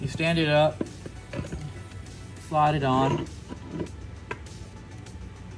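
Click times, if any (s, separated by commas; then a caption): 4.3 s. A torque converter is slid onto an automatic transmission's input shaft and rotated while someone talks. At 4.3 s, the first set of splines engages with a metallic clunk. This is only the first of three clicks needed, so the converter is not yet fully home.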